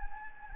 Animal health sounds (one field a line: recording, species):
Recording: mosquito wingbeat signal from an infrared sensor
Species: Anopheles gambiae